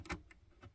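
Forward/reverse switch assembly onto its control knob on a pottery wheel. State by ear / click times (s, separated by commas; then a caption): not seated / none. A forward/reverse switch assembly is handled as it is pushed back onto its control knob on a VL Whisper pottery wheel. Brief faint scraping and knocking sounds come at about 0.1 s, 0.3 s and 0.6 s. Nothing has seated or clicked yet.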